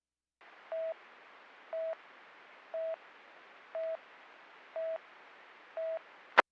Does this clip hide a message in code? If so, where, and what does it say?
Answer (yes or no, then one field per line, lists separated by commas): no